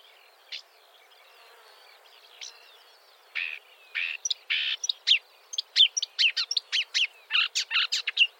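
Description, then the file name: Marsh warbler song: two isolated sharp notes, then buzzy chatters and a fast, lively sequence of varied whistles and clicks. "suara kicauan burung marsh warbler. omkicau"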